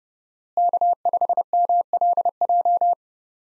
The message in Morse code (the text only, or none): K5MLJ